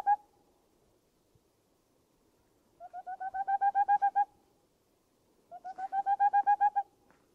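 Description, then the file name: Boreal owl song: two rapid bursts of about a dozen soft hollow hoots that swell in loudness, each burst lasting over a second, separated by silence. "Rauhfusskauz"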